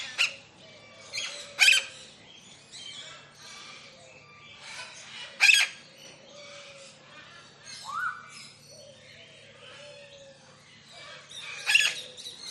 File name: zapsplat animals birds tropical large avery parrots doves in bg one lilac crowned amazon parrot close up squawks